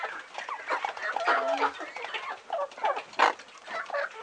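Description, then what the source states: Chickens clucking, a busy mix of short clucks and a few drawn-out squawks from several birds at once. Several chickens, farm ambience.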